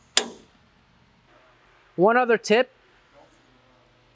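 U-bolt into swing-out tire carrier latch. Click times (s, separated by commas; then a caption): 0.2 s. A U-bolt is pushed by thumb into the steel latch of a swing-out tire carrier, giving a sharp click at 0.2 s as it seats. Someone then talks.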